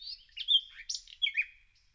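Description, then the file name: Common nightingale song phrase of quick varied chirps and slurred whistles, loud and bright, over about two seconds. "Luscinia megarhynchos"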